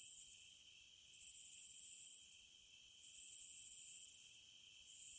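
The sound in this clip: Cicada, strident high buzz in bursts of about a second broken by short dips, repeated several times.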